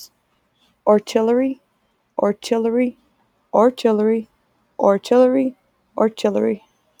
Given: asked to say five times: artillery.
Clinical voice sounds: repeated word; female; 20 to 29 years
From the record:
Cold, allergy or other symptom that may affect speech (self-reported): no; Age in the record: 29 years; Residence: Louisiana, United States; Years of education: 12

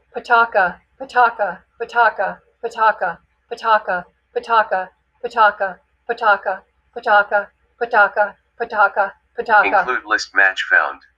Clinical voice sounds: repeated syllables /pa ta ka/; female; 60 to 69 years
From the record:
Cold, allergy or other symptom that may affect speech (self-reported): yes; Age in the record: 65 years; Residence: Georgia, United States

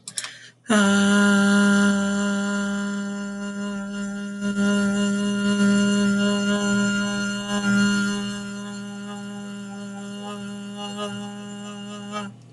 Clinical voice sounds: vowel held as long as possible; female; 40 to 49 years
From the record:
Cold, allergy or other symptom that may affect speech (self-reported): no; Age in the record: 41 years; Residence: Florida, United States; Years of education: 16

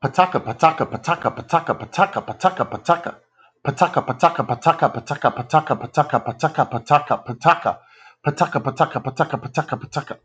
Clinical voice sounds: repeated syllables /pa ta ka/; male; 40 to 49 years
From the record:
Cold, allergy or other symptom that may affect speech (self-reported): no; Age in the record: 40 years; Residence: Louisiana, United States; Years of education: 14

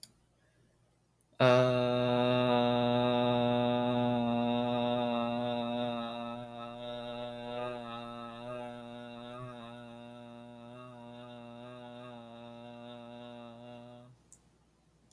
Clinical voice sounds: vowel held as long as possible; male; 20 to 29 years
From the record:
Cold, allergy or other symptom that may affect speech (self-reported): no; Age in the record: 22 years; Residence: Florida, United States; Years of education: 15

